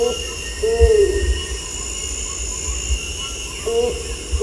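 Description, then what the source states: Bornean ground cuckoo giving low, rounded hoots that rise and then fall, in a pair near the start and another near the end, over a steady high insect drone. Recorded at Danum.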